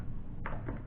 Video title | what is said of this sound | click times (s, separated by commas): MOTU Revelations Faker and Teela Review | you hear it snapped on pretty good. | 0.5 s